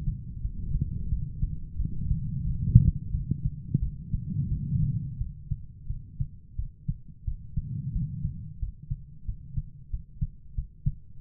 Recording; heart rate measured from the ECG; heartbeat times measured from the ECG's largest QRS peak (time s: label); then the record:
heart sounds by stethoscope; 89 bpm
0.40 s: heartbeat
1.08 s: heartbeat
1.75 s: heartbeat
2.43 s: heartbeat
3.10 s: heartbeat
3.79 s: heartbeat
4.48 s: heartbeat
5.17 s: heartbeat
5.87 s: heartbeat
6.56 s: heartbeat
7.24 s: heartbeat
7.92 s: heartbeat
8.59 s: heartbeat
9.24 s: heartbeat
9.89 s: heartbeat
10.54 s: heartbeat
11.18 s: heartbeat
From the record:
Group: healthy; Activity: rest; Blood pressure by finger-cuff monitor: 113/67 mmHg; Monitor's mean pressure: 82 mmHg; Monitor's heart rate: 88 bpm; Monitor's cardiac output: 6.6 L/min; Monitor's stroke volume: 74 mL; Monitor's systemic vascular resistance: 890 dyn s/cm5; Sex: female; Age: 43 years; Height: 160 cm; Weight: 90 kg